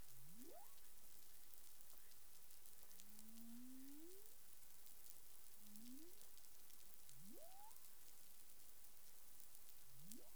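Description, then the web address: Humpback whale sounds, repeated low moans that bend upward into higher whoops, alternating quick steep rises with longer gradual ones, against continuous underwater hiss and crackle. Recorded in the Caribbean on 20 April 2021 at 04:26 UTC. "CARIMAM. humpback whale"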